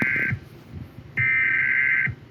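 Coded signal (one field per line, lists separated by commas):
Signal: Emergency Alert System (SAME) tones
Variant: header bursts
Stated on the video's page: Fictional EAS scenario based on airsoft milsim games, recorded on a phone.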